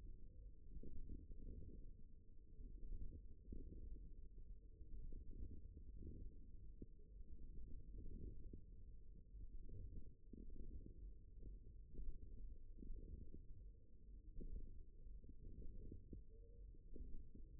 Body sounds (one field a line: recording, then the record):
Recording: forearm muscle sounds (acoustic myography)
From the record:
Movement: wrist flexion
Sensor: system 1, eight BSWA MPA416 microphones around the upper forearm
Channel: 4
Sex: male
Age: 54 years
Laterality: right